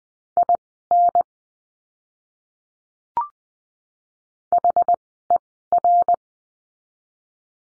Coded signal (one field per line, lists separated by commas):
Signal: Morse code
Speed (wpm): 20 wpm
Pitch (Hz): 700 Hz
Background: none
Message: IN HER